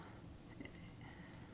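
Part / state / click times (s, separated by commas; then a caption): knife sheath sliding onto a connecting sheath/adapter / not seated / none. A plastic Morakniv knife sheath is slid down onto a second sheath or connector, with faint scraping and a small sharp tap at about 0.7 s. Nothing has seated or clicked yet; the part is only being moved into position before the twist-lock.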